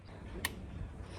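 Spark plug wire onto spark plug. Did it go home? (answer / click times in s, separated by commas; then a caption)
yes / 0.4 s. A spark plug wire on cylinder one of a Dodge Omni is pushed further home onto its spark plug. It gives one sharp, bright click at 0.4 s over a low background hum, and the wire is seated.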